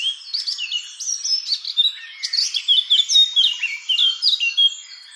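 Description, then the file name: Eurasian blackcap singing a lively run of varied chirps and fluty whistles, the notes tumbling rapidly, several each second, throughout. "Sylvia atricapilla"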